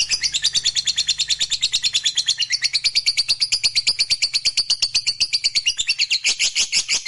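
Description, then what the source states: Lovebird song: a steady, very fast, shrill chattering trill of rapid pulses held through the whole stretch. Fighter lovebird singing energetically (gacor).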